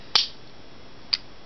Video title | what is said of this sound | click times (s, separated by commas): Transformers RID Gas Skunk, Dark Scream, and Slapper Review | and as you just heard it locks into place so | 0.2 s, 1.1 s